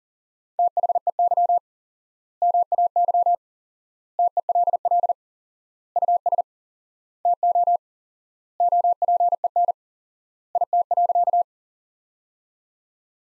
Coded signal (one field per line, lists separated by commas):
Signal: Morse code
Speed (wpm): 40 wpm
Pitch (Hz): 700 Hz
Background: none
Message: THEY MAY TELL US TO OPEN IT.